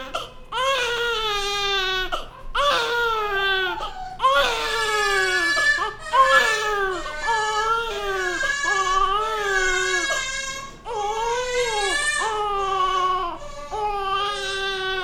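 A baby cries in about eight sustained, high-pitched wails, each rising then falling, with brief catches of breath between them and a slightly strained, sobbing quality. This is ordinary infant crying, a sound effect.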